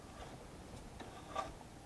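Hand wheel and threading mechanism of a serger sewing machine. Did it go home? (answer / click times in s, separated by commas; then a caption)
no / none. The metal hand wheel of a Baby Lock Triumph serger is turned toward the operator after its lever has been moved from serging to threading, bringing the mechanism toward the threading position. Faint, soft ticking handling sounds are heard, with a brief bump around 1.0 s and another around 1.4 s. Nothing has clicked or seated yet, since the clip ends just before the mechanism clicks into place.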